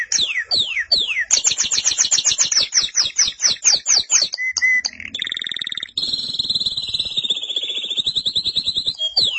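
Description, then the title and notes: Canary song: quick runs of descending whistled notes, then a brief rattle and a long, steady, buzzy trill that wavers in pitch, ending in a sharp downward note. "BM Suara Kenari. BM Suara Burung Kenari"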